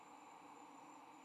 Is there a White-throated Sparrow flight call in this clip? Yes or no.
no